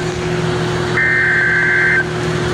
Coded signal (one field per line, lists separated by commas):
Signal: Emergency Alert System (SAME) tones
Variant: header bursts